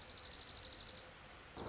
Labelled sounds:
Dark-eyed Junco (Junco hyemalis)

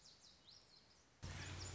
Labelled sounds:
Lazuli Bunting (Passerina amoena)

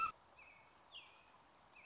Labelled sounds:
American Robin (Turdus migratorius)

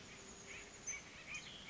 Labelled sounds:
Chestnut-backed Chickadee (Poecile rufescens)

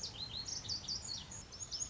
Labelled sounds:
Lazuli Bunting (Passerina amoena)

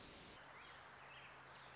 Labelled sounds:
Wilson's Warbler (Cardellina pusilla)

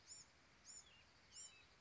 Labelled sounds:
Bewick's Wren (Thryomanes bewickii)

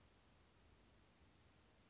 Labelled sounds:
Western Flycatcher (Empidonax difficilis)

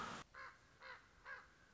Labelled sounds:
Common Raven (Corvus corax)

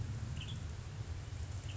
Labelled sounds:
Western Tanager (Piranga ludoviciana)

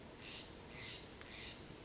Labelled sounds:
Steller's Jay (Cyanocitta stelleri)

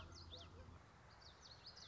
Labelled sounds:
Common Yellowthroat (Geothlypis trichas)

